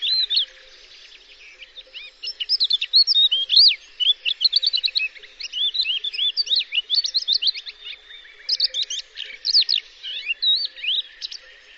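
Bird song: a rapid, varied stream of high chirps, trills and upslurred whistles, bursts packed closely with short pauses.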